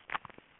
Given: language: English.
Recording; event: throat vibration sensor signal played as sound; swallow